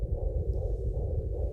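Fetal heartbeat heard through a home fetal Doppler that the parents bought to listen every day: a steady, low-pitched rhythmic whooshing pulse.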